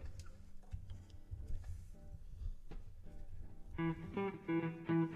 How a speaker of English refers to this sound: I'll try to clap with the metronome.